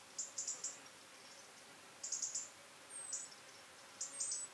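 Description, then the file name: European robin calls: a few bursts of high ticking notes, a couple with a thin high whistle, over a soft hiss. "Erithacus rubecula"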